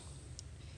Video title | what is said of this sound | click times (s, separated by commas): Slash 4x4 - Using Aftermarket Batteries with Traxxas Slash & iD Charger | normal inserted connection and then once it clicks in | 0.4 s